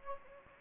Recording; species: mosquito wingbeat signal from an infrared sensor; Anopheles gambiae